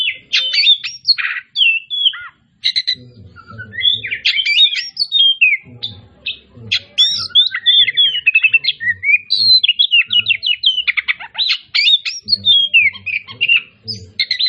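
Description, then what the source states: Oriental magpie-robin in sustained, varied song, rich whistles, rattles and buzzy notes strung together for many seconds, faint low thumps in the background. Kacer Tretes, described as gacor (singing vigorously).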